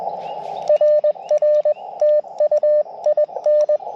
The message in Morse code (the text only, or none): RR TU IN